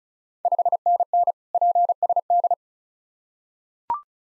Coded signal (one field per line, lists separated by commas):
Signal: Morse code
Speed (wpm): 36 wpm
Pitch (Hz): 700 Hz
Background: none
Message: 5NN PSD